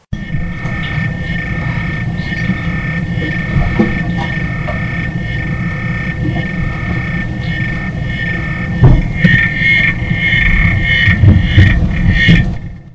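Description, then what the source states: African clawed frog trilling: a rapid, low clicking trill over a murky hum, broken by occasional knocks and thumps. Trilling song of a pet male kept in a tank in Utah; background knocks are the frog bumping against the tank as it moves around.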